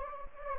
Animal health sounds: mosquito wingbeat signal from an infrared sensor; Anopheles gambiae

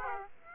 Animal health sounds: mosquito wingbeat signal from an infrared sensor; Aedes aegypti

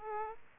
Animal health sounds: mosquito wingbeat signal from an infrared sensor; Aedes aegypti

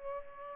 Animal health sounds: mosquito wingbeat signal from an infrared sensor; Culex pipiens

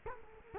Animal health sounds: mosquito wingbeat signal from an infrared sensor; Culex quinquefasciatus

